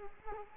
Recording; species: mosquito wingbeat signal from an infrared sensor; Culex quinquefasciatus